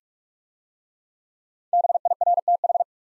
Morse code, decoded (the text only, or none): BIRTH